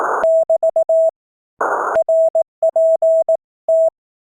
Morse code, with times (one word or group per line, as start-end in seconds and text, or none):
0.2-1.1 <BT>
2.0-3.9 RPT